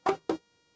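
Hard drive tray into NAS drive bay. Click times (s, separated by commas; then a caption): 0.1 s, 0.3 s. A hard drive mounted in a plastic tray is slid into a QNAP NAS drive bay and pushed until it latches. Two sharp clicks sound at 0.1 s and 0.3 s, and the second is slightly quieter and shorter. The tray clicks firmly into place and its lever moves upwards, confirming it is seated.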